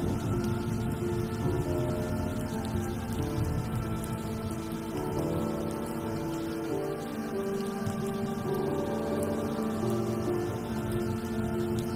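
Rain falls steadily, a dense hiss that never lets up over the twelve seconds. Beneath it sits a thick low rumble with sustained humming tones, like distant thunder or passing machinery, holding an even level throughout with only slight swells.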